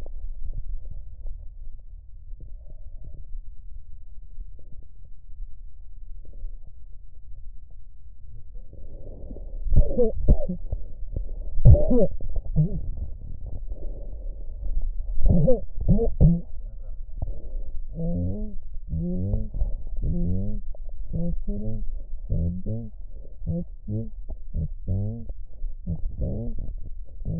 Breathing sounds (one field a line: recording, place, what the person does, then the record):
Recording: lung sounds by stethoscope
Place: right posterior basal chest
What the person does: quiet breathing, then cough and speech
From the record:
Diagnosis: COPD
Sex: female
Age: 68 years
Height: 150 cm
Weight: 70 kg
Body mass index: 31.1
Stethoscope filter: extended mode